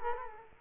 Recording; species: mosquito wingbeat signal from an infrared sensor; Culex quinquefasciatus